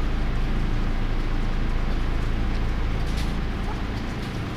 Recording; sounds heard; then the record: poultry house recording; healthy chickens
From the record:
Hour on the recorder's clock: 0